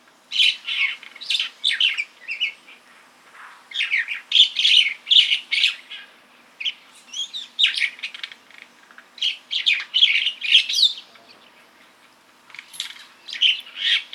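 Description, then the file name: Jungle myna calls: bursts of chattering, squeaky notes in irregular clusters separated by brief pauses. "Buraya majna Acridotheres fuscus"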